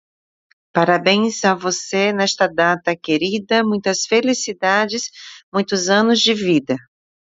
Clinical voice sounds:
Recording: short text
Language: Brazilian Portuguese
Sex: female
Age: 50 to 59 years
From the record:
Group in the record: control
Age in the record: 56 years

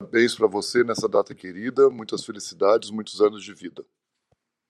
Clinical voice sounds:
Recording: short text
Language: Brazilian Portuguese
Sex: male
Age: 40 to 49 years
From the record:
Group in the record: control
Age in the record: 46 years

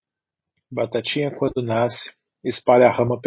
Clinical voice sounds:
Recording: short text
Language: Brazilian Portuguese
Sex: male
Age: 20 to 29 years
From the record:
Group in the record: control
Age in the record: 20 years

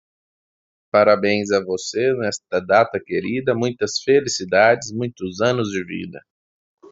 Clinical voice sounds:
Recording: short text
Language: Brazilian Portuguese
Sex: male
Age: 30 to 39 years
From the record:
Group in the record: control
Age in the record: 35 years

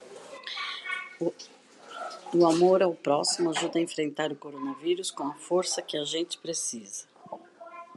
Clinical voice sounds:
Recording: spoken sentence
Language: Brazilian Portuguese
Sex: female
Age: 60 to 69 years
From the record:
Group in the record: control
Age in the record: 62 years

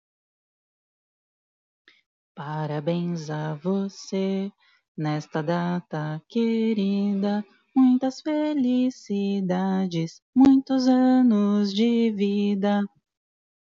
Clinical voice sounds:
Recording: short text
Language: Brazilian Portuguese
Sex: female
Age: 30 to 39 years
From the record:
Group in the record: control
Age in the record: 38 years

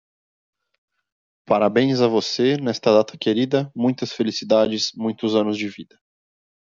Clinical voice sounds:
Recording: short text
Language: Brazilian Portuguese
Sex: male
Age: 20 to 29 years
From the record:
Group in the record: control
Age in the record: 28 years

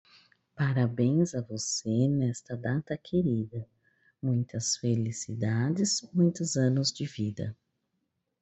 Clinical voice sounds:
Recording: short text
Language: Brazilian Portuguese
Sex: female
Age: 40 to 49 years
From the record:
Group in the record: control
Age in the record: 43 years

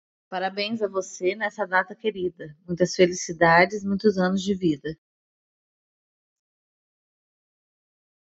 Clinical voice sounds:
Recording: short text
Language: Brazilian Portuguese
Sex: female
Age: 30 to 39 years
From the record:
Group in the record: control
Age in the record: 38 years

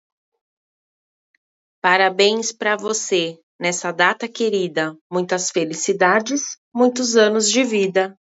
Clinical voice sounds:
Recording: short text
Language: Brazilian Portuguese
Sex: female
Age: 40 to 49 years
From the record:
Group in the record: control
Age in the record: 41 years

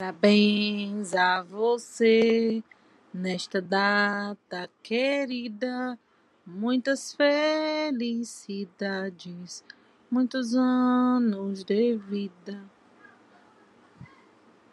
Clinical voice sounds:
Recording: short text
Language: Brazilian Portuguese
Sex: female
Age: 30 to 39 years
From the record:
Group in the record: control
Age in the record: 37 years

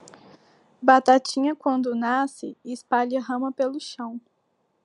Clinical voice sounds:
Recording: short text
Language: Brazilian Portuguese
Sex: female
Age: 20 to 29 years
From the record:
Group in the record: control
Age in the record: 21 years

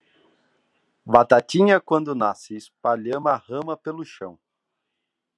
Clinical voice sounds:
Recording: short text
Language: Brazilian Portuguese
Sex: male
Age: 30 to 39 years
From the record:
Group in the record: control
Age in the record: 35 years

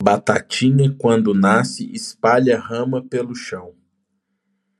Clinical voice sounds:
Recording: short text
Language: Brazilian Portuguese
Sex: male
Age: 30 to 39 years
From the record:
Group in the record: control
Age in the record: 36 years

